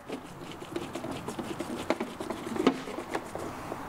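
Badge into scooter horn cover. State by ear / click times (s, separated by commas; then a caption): not seated / none. A plastic badge is handled against the plastic horn cover of a 2023 Vespa GTS 300 HPE2 scooter, just after the small screw has gone into the cover, ready to be pressed back in. Light pattering handling noise runs throughout, with sharper taps at about 1.9, 2.0, 2.7 and 3.2 seconds. Nothing has seated or clicked yet.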